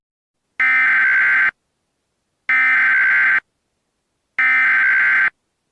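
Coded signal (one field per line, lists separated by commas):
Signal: Emergency Alert System (SAME) tones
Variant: header bursts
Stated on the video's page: Mock EAS with valid tones: Required Weekly Test, then Required Monthly Test, then National Periodic Test; simulated.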